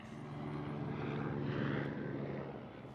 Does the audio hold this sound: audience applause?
no